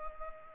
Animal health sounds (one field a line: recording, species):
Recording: mosquito wingbeat signal from an infrared sensor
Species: Culex pipiens